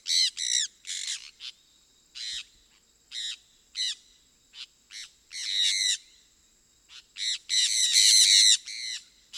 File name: sun parakeet